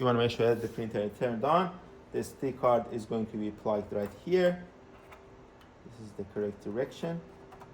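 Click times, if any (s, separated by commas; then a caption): none. Someone talks while an SD card is positioned at the card slot of a 3D printer that is switched on, held the correct side up and being handled toward the slot. Between the bursts of talk there are only faint, low-level handling sounds. The card has not seated or clicked yet.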